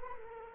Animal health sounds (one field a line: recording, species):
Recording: mosquito wingbeat signal from an infrared sensor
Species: Culex quinquefasciatus